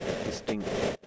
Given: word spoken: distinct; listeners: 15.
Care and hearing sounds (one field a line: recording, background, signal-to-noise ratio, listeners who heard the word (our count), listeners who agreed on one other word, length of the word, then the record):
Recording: one English word in noise, from a listening test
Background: noise modulated by three-talker babble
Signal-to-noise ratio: -4.8 dB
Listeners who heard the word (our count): 3 of 15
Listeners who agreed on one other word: 9 of 15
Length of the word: 0.67 s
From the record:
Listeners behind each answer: 9, 3, 3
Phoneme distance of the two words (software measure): 34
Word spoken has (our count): 2 syllables, 8 phonemes, stress on syllable 2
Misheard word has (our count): 3 syllables, 10 phonemes, stress on syllable 2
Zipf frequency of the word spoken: 3.75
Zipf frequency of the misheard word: 3.35